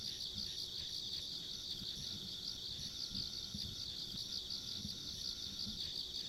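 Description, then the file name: Insect chorus of continuous high, pulsing trills that never pause, with low rumble underneath. Ambient insect sounds recorded along a country road. "田舎道の虫の環境音"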